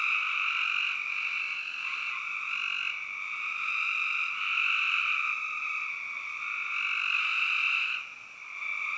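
Spring peeper chorus: many shrill, high peeps blending into a continuous ringing trill, easing briefly near the end.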